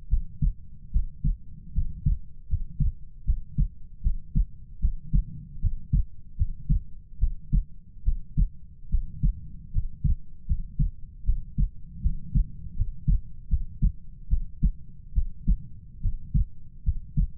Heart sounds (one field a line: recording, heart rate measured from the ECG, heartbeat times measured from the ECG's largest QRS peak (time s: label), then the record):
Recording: heart sounds by stethoscope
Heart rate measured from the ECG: 75 bpm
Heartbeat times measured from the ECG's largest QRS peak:
0.08 s: heartbeat
0.91 s: heartbeat
1.73 s: heartbeat
2.47 s: heartbeat
3.24 s: heartbeat
4.01 s: heartbeat
4.79 s: heartbeat
5.59 s: heartbeat
6.36 s: heartbeat
7.18 s: heartbeat
8.03 s: heartbeat
8.89 s: heartbeat
9.71 s: heartbeat
10.46 s: heartbeat
11.24 s: heartbeat
12.01 s: heartbeat
12.74 s: heartbeat
13.48 s: heartbeat
14.28 s: heartbeat
15.13 s: heartbeat
16.00 s: heartbeat
16.83 s: heartbeat
From the record:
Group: healthy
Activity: rest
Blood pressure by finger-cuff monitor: 91/54 mmHg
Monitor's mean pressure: 67 mmHg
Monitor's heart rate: 76 bpm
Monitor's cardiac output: 6.9 L/min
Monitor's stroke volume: 90 mL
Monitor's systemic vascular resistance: 690 dyn s/cm5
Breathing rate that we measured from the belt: 17 breaths a minute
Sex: female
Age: 19 years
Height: 163 cm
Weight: 48.9 kg